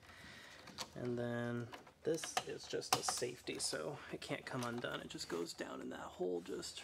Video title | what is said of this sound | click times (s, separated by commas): How to Replace Hybrid Battery Toyota Prius V 2012-2017 - Code P0A80 FIX IT! | um but this one just goes right here and it's home so you hear that nice click | 0.8 s